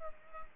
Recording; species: mosquito wingbeat signal from an infrared sensor; Culex pipiens